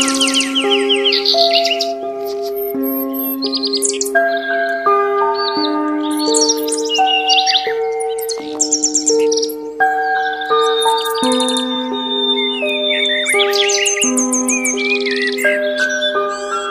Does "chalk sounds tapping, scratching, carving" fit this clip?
no